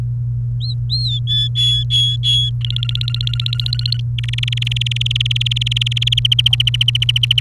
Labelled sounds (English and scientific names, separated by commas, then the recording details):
Domestic Canary (Serinus canaria) song
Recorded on 29 April 2018 at 09:44
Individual llb3